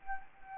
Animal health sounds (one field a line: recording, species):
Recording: mosquito wingbeat signal from an infrared sensor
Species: Anopheles arabiensis